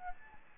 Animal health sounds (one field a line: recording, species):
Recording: mosquito wingbeat signal from an infrared sensor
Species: Aedes albopictus